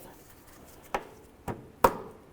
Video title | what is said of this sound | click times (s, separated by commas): How to Replace Radiator 2006-10 Ford Explorer | there we are I got a little click I'm going to give it a tug to make sure it's secure | 1.9 s